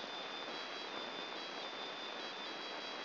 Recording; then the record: brain microelectrode recording played as sound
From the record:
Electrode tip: inside the subthalamic nucleus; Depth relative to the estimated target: -2 mm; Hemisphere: left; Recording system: AlphaMap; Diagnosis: Parkinson's disease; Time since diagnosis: 11 years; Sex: male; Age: 50 years